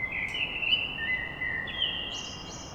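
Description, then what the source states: Common blackbird song, a smooth fluted whistle sliding across two pitches, followed by a brief higher squeaky flourish, with faint background hiss. Blackbird song at dawn in Paris.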